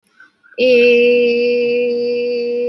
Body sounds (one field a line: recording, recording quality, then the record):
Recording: sustained vowel as in made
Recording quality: excellent, no background noise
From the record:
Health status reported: healthy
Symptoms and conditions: none ticked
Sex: female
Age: 35 years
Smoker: not ticked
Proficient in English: yes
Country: India